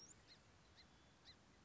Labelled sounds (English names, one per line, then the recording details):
Song Sparrow
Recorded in Sonoma County, California